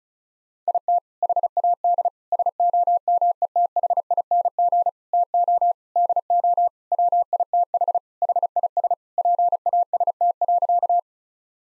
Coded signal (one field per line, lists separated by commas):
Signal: Morse code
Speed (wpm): 36 wpm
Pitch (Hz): 700 Hz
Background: none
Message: IT HAD SOMETHING TO DO WITH HIS PAST.